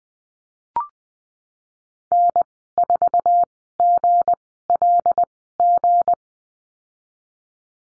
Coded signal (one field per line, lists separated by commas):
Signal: Morse code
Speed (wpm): 20 wpm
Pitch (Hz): 700 Hz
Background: none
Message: N 4 G L G